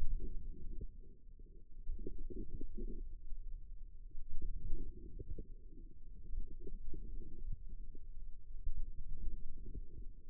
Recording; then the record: forearm muscle sounds (acoustic myography)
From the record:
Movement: outward rotation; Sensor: system 2, bracelet of six BSWA MPA416 microphones around the upper forearm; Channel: 3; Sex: female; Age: 22 years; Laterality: right